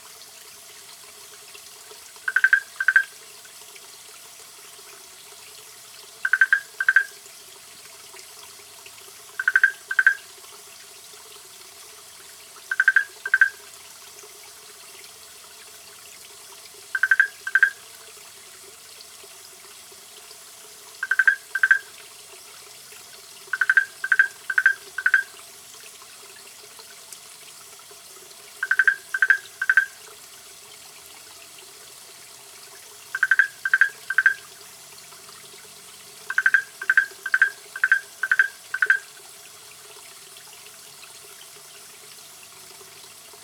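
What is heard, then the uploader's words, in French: A lone small frog calls close by, giving short bursts of two to five quick, bright chirps roughly every three to four seconds. Between calls there is only a faint, steady low background hum, with no other sounds standing out. Grenouille isolée, Cordoba (AR). Une petite grenouille chante au pied de notre tente. Enregistré près de San Javier, région de Cordoba en Argentine.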